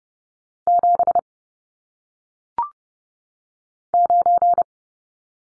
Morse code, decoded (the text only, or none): 7 9